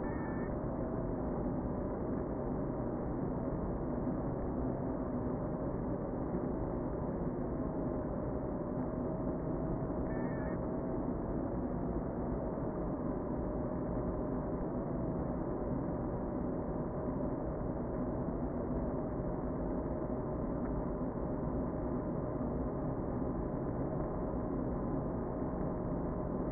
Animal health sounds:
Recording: honeybee colony, microphone inside the hive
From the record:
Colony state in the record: queen present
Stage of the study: before two queens were removed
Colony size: about 60,000 bees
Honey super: yes

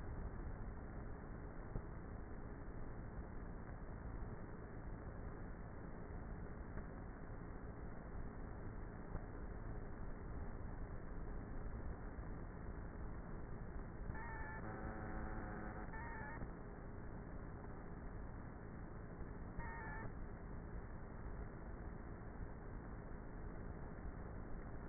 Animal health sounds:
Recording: honeybee colony, microphone inside the hive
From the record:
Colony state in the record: queenless with a low population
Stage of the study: before two queens were removed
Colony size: about 30,000 bees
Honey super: no

